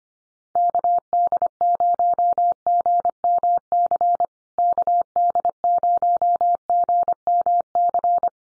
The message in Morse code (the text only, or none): KD0GMC KD0GMC